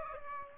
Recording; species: mosquito wingbeat signal from an infrared sensor; Aedes aegypti